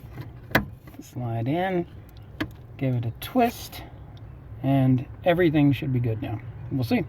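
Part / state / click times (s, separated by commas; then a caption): brake light switch plunger in pedal-bracket mount / not seated / none. A new brake-light switch for a Jeep Cherokee (XJ) is twisted into its pedal-bracket mount under the dash to fix brake lights that stay on or don't work. Someone talks throughout, with sharp short knocks at about 0.6 and 2.4 seconds. The switch plunger has not yet seated or clicked into its set depth.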